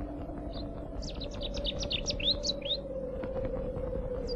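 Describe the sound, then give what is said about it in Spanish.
A bird chirps a quick burst of bright, high, sweeping notes for about two seconds, then falls quiet, all over a steady low hum and background noise. “El pájaro retornó por otros pedazos de pan”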